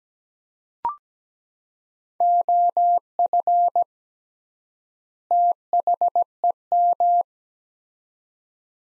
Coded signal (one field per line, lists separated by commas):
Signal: Morse code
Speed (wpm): 17 wpm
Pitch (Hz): 700 Hz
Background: none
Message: OF THEM